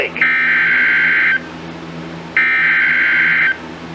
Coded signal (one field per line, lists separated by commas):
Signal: Emergency Alert System (SAME) tones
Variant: header bursts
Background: speech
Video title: Severe Thunderstorm Warning - 3/5/22 (EAS #65)